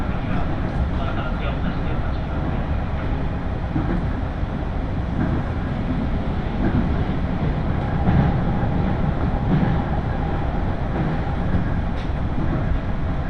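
A Tokaido Line train runs with a steady, dense low rumble and rattle, faint clicks of the rails recurring throughout at an even level.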